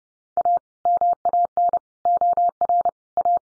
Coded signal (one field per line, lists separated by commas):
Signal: Morse code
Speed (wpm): 30 wpm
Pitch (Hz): 700 Hz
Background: none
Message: A MAN OR A